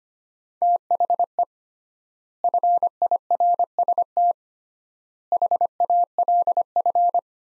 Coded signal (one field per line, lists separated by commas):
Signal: Morse code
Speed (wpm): 25 wpm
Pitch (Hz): 700 Hz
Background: none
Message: THE FIRST HALF